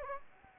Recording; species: mosquito wingbeat signal from an infrared sensor; Anopheles gambiae